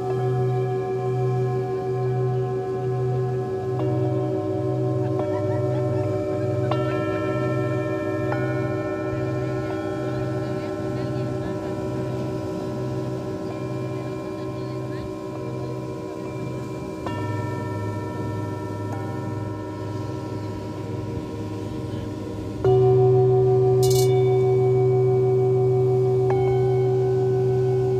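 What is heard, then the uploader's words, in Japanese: A live sound healing session on a beach: sustained, ringing bowl-like tones layer and shift, with a louder new strike near twenty-three seconds. メキシコから シンギングボウルのサウンドヒーリング。メキシコ時間８／25(木)の夜 ビーチでのサウンドヒーリングのライブ収録です。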